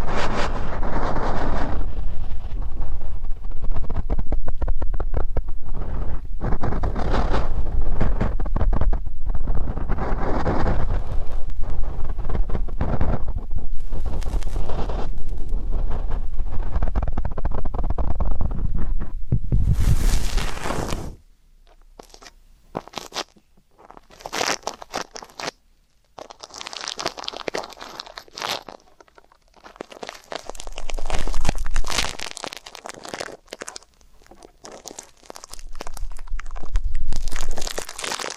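Ear cleaning sounds with dense scratching, crinkling and rubbing, heavy and muffled with a low rumble for the first twenty seconds. After that the sound turns thinner and brighter, with short bursts of crunching and scraping separated by brief silences.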